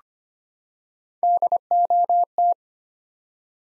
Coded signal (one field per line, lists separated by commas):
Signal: Morse code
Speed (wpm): 25 wpm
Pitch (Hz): 700 Hz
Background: none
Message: DOT